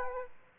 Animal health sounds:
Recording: mosquito wingbeat signal from an infrared sensor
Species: Aedes aegypti

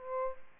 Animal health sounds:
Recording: mosquito wingbeat signal from an infrared sensor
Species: Aedes aegypti

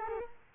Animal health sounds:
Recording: mosquito wingbeat signal from an infrared sensor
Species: Culex quinquefasciatus

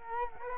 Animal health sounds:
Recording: mosquito wingbeat signal from an infrared sensor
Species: Culex quinquefasciatus

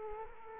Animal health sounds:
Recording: mosquito wingbeat signal from an infrared sensor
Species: Culex quinquefasciatus

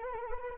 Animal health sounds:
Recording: mosquito wingbeat signal from an infrared sensor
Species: Anopheles arabiensis

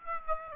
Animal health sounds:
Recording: mosquito wingbeat signal from an infrared sensor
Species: Aedes aegypti

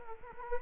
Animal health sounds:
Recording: mosquito wingbeat signal from an infrared sensor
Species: Culex quinquefasciatus

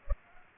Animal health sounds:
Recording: mosquito wingbeat signal from an infrared sensor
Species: Culex pipiens

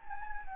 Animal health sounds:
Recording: mosquito wingbeat signal from an infrared sensor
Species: Anopheles gambiae

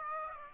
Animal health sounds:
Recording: mosquito wingbeat signal from an infrared sensor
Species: Aedes aegypti

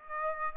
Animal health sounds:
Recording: mosquito wingbeat signal from an infrared sensor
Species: Aedes aegypti

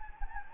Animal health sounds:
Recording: mosquito wingbeat signal from an infrared sensor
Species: Anopheles gambiae

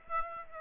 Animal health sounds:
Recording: mosquito wingbeat signal from an infrared sensor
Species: Aedes aegypti

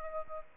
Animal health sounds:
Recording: mosquito wingbeat signal from an infrared sensor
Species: Aedes albopictus

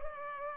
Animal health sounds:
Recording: mosquito wingbeat signal from an infrared sensor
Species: Culex pipiens

